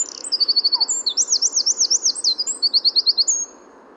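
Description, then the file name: Eurasian wren song: a loud, rapid outpouring of high, sharp trills and twittering notes lasting about three and a half seconds, then quiet background hiss. "Troglodytes troglodytes"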